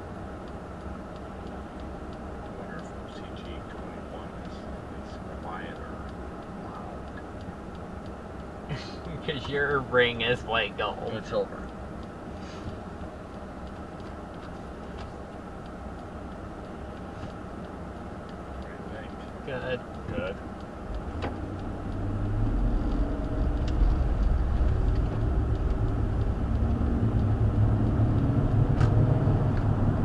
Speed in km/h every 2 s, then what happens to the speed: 0, 0, 0, 0, 0, 0, 0, 0, 0, 0, 0, 18, 24, 34, 47.
0-20 standing. 20-30 pulls away to 47.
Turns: 22-27.